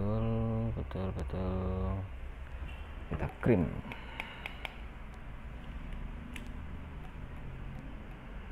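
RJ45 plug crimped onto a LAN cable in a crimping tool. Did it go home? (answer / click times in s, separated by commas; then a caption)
no / none. A plastic RJ45 plug on a LAN cable is held in a crimping tool while someone talks, with a few short, sharp handling ticks around 4.2 to 4.7 s. The crimp has not clicked and the plug has not seated yet.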